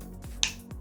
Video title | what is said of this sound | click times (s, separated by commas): How to Change/Attach Blade on Milwaukee FUEL M18 Oscillating Multi Tool | and then you'll hear a click | 0.4 s